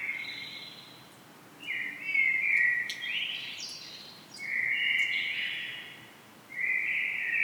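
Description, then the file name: Common blackbird song in three or four separate phrases, each a rich whistled warble sliding between low notes and ending in brief squeaky flourishes. "Turdus merula"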